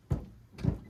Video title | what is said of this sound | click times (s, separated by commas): 14’ aluminum bass fishing boat Tour (Extented) | This is the quick release, and it automatically locks into place | 0.6 s